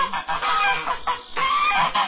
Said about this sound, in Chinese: 大家能够听见哈，现在叽叽呀呀还有鹅的声音都混淆在一起，在城市当中这种景象基本上是见不到的